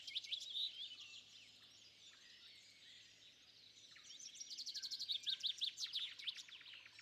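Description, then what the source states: Overlapping bird calls, high chirps and whistles, with a loud rapid series of sharp notes in the second half, over a faint continuous hum. Bird calls recorded at sunrise.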